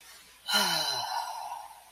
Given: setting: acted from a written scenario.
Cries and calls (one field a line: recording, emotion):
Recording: vocal sound without words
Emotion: romantic love